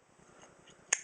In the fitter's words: there's a much better click. I don't know if you can hear that.